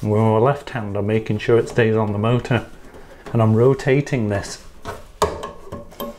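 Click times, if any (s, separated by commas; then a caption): 5.2 s. A drive belt is held on the motor pulley of a washing machine while the large drum pulley is rotated by hand, and someone talks through it. The belt rides fully onto the drum wheel and pops into place at 5.2 s, followed by a few lighter knocks.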